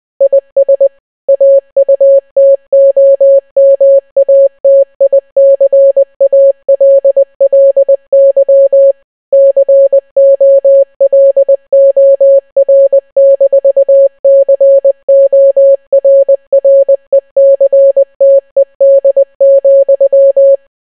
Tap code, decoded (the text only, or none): none